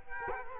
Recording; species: mosquito wingbeat signal from an infrared sensor; Culex quinquefasciatus